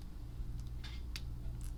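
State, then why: Not seated. A single inline hook is fed around an opened steel split ring on a hard plastic Daiwa Salt Pro Minnow (SP Minnow) lure, facing back and up. Faint metallic ticks are heard at about 0.6 s, 1.2 s (the sharpest) and 1.6 s over a steady low hum. Nothing has seated or snapped into place yet.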